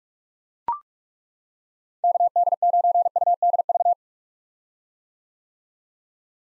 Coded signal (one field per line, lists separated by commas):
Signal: Morse code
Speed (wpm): 43 wpm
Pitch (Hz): 700 Hz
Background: none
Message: KD9UDV